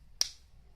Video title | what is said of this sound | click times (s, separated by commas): Fahrenheit Eau de Toilette by Dior | It's got a really cool cap that pops into place. | 0.2 s